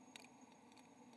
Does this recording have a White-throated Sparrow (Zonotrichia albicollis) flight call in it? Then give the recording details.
no. No flight call is heard. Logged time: 06:40 on 14 November 2014